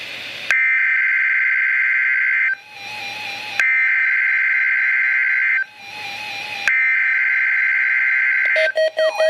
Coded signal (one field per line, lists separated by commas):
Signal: Emergency Alert System (SAME) tones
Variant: header bursts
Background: speech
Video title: Required Weekly Test - 07/09/14 (EAS #777)